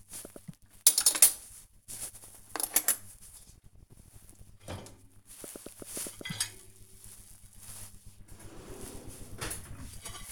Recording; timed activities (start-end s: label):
household activities, microphone on the right wrist
0.00-10.32 s: cleaning out the dishwasher